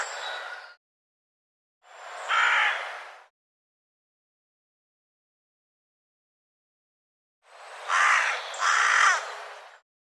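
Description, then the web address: Bird calls: three harsh, hoarse cawing calls separated by silent gaps, the second gap much longer, the last a doubled rasping call. "cianscape birddata"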